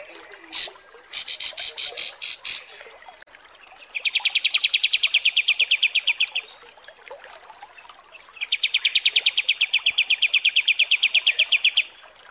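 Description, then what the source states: Kapas tembak song: high buzzy bursts give way to two long runs of rapid, evenly repeated chirps with a short pause between them. Masteran (song-training) recording of kapas tembak song, described as mewah.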